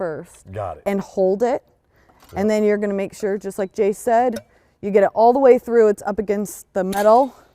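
A blind (pop) rivet is being handled with a hand rivet puller, its stem in the tool and the rivet pushed all the way through until it sits up against the aluminium sheet. Mostly someone talks, with no sharp snap heard. Nothing has seated or popped yet.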